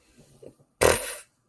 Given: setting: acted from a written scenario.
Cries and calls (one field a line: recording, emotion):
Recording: vocal sound without words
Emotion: contempt